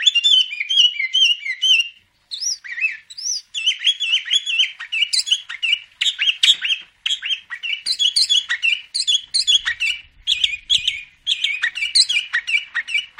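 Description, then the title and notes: Sooty-headed bulbul song: long, busy run of rapid chattering and warbled notes mixed with upslurred whistles, broken by only brief pauses. Bird described with the Indonesian term gacor, meaning in full, vigorous song. "kutilang gacor"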